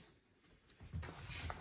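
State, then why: Seated. A plastic inner embroidery hoop ring is pushed into the outer hoop ring over fabric and stabilizer. A quiet stretch is followed by rustling and pressing from about 0.8 seconds, then a short, sharp click at 1.5 seconds as the ring snaps into place and seats.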